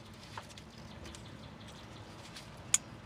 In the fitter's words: sure here the Lance snap in place when you've installed it correctly